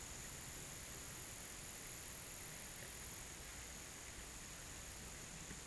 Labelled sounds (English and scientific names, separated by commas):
none